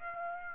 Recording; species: mosquito wingbeat signal from an infrared sensor; Aedes aegypti